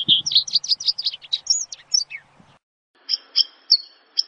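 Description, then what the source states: Javan bush lark song, a fast run of high chirping and slurred notes, then a pause and a few thin whistled notes, with a low thump at the start. Lure for a Javan bush lark in full, lively song.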